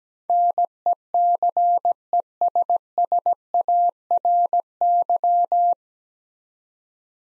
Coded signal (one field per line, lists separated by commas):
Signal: Morse code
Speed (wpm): 17 wpm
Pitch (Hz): 700 Hz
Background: none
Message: NECESSARY